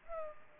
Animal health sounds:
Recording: mosquito wingbeat signal from an infrared sensor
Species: Culex pipiens

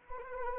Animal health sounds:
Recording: mosquito wingbeat signal from an infrared sensor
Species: Anopheles arabiensis

